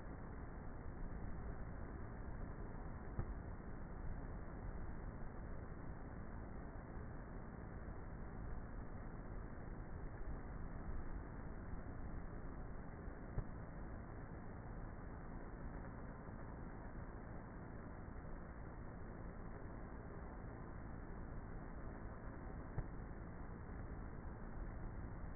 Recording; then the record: honeybee colony, microphone inside the hive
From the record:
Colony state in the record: queenless with a low population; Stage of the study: before two queens were removed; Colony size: about 30,000 bees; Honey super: no